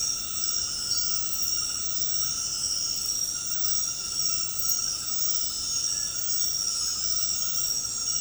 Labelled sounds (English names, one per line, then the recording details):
none
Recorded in secondary vegetation near Puerto Asís, Putumayo, Colombia, on 19 February 2024 at 23:30
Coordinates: 0.468, -76.324
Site G6381